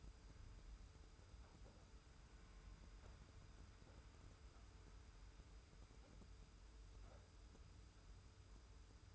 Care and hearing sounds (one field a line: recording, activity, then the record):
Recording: daily activity, microphone in the room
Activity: wipe stove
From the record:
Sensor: 2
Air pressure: 991.3 hPa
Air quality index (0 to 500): 151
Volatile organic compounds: 446 ppm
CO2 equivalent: 4743 ppm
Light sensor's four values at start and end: 39/112/44/42 and 39/112/44/42